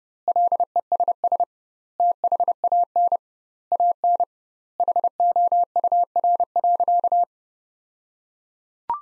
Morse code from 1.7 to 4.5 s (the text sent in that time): THAN AN